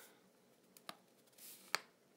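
An iPad Mini is pressed into the hard-plastic holder of an Anker Bluetooth keyboard case, whose lipped edge wraps around the tablet's rim so it won't fall out. Faint sharp ticks come at about 0.8 and 0.9 seconds, then the loudest crisp snap at 1.8 seconds as the tablet pops into place. The tablet is seated in the case.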